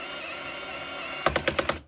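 A Makita 12V drill set to clutch setting 12 drives a screw into material with a steady motor whine, then its clutch slips and ratchets with sharp clicks at 1.3, 1.4, 1.5, 1.6 and 1.7 seconds before the sound stops. The screw has gone a couple of turns and ends up further in than with the Milwaukee driver.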